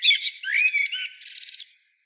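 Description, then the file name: Common blackbird song phrase: a brief fluty warble sliding upward, then a rapid squeaky high twitter that fades out, with silence at the end. "Turdus merula"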